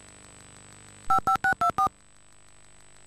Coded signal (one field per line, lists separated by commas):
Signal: DTMF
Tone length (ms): 100 ms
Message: 55624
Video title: Dial Tone: (Barbie: Fairytopia) (Right Entertainment) (VHS UK)